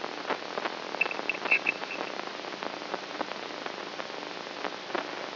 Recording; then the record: brain microelectrode recording played as sound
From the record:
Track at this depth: inside the subthalamic nucleus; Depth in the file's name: 2.503 mm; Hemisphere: right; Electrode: 3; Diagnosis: Parkinson's disease